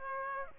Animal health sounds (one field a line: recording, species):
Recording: mosquito wingbeat signal from an infrared sensor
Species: Aedes aegypti